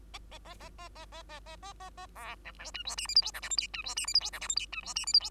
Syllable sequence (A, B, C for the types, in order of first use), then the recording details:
A A A A A A A A A A A A B C D E F G H I J K L M N E F G H I J K L M N E F G H I J. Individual Bird2